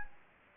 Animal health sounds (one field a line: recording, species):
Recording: mosquito wingbeat signal from an infrared sensor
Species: Anopheles gambiae